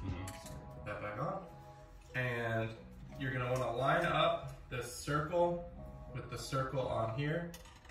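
A 55–210 zoom lens is held up to the mount of a Sony AX 6100 mirrorless camera body, with the circle mark on the lens being lined up with the circle on the camera. Someone talks throughout while the lens is handled. Nothing has seated or clicked yet.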